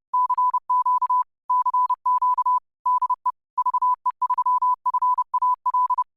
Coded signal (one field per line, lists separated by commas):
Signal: Morse code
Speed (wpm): 30 wpm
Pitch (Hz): 1000 Hz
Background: none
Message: CQ CQ DE VE3FAL